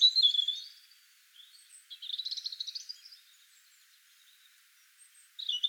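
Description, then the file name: European robin song: a high whistled note, then a fast rattling trilled phrase, pause, and another high burst at the end, over light hiss. "Erithacus rubecula"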